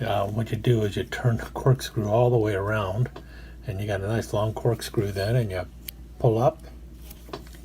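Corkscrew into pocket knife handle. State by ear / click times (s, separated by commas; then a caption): seated / 7.3 s. A metal corkscrew on a Swedish bartender pocket knife is turned all the way around and pulled up while someone talks. A small click at 7.3 seconds marks the corkscrew locking in place in its extended, full-length position in the knife handle.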